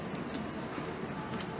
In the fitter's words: it in make sure it clicks you're at BAM and you keep going like that as